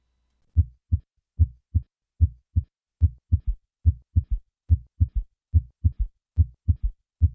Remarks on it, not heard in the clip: Severe mitral regurgitation with a third heart sound. I will begin with normal sounds and then add the third heart sound and finally the systolic murmur.